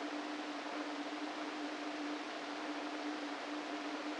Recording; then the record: brain microelectrode recording played as sound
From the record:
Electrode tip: inside the subthalamic nucleus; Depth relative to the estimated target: -2 mm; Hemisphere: right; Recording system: NeuroSet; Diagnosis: Parkinson's disease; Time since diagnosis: 13 years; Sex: male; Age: 49 years